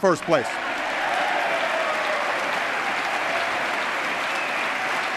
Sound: applause

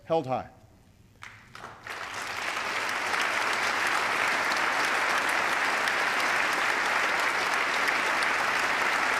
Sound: applause

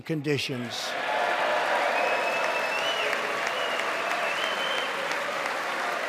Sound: applause

